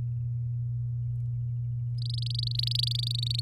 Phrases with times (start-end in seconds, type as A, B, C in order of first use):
1.98-3.40 A